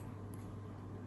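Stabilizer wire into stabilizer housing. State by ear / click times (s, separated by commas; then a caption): not seated / none. The metal wire of a keyboard stabilizer is handled against its plastic stabilizer housing over a steady low hum, with one faint, brief high tick about a third of a second in. Nothing has seated or clicked yet; the wire is not yet home in the housing.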